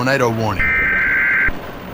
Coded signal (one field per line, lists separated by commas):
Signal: Emergency Alert System (SAME) tones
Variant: header bursts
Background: speech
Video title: Hopkinsville Tornado EAS Scenario